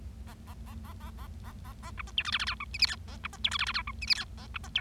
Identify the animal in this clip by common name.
Bengalese Finch